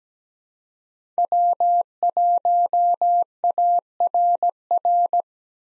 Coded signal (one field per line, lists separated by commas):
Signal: Morse code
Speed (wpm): 17 wpm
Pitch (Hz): 700 Hz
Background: none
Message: W1ARR